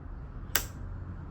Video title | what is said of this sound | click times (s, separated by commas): Marelux Housing for Sony A7CII | There you go, it's click sound. | 0.6 s